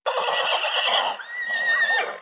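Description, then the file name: Horse whinnying, one long harsh neigh that shifts partway into a higher, tighter quavering tone before fading. "caballo"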